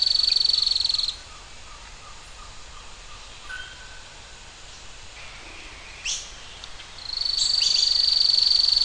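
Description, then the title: Bird trill: a rapid high buzzy trill stops after about a second, then faint soft notes and a couple of chirps before the trill resumes at the end. "LuckyPassaro Completos2Sama"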